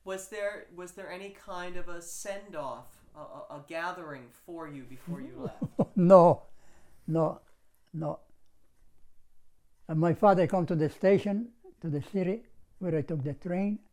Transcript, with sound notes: Was there any kind of a send off, a gathering for you before you left?
[Laughs] No, no, no. My father come to the station, to the city where I took the train.